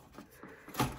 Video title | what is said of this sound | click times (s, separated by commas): How to run an Nvidia 1660 super from Acer Aspire's original power supply with a sata to 8pin adapter | you just hear that click it's placed into the case so | 0.8 s